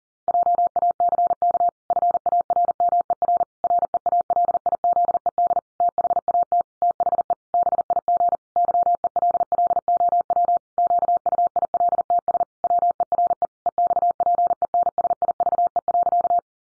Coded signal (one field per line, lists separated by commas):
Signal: Morse code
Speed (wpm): 40 wpm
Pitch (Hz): 700 Hz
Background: none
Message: JACK FARMER REALIZED THAT THE BIG YELLOW QUILTS WERE EXPENSIVE.